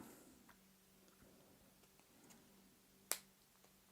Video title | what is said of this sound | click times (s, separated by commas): Moyustore : Puzzle en Bois HowCat | ça fait un petit clic satisfaisant quelque chose dont j'avais pas forcément l'habitude chez rocker | 3.1 s